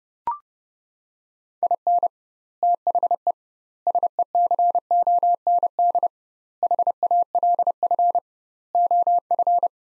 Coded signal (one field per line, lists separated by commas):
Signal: Morse code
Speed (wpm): 30 wpm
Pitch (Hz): 700 Hz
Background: none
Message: IN THE SECOND HALF OF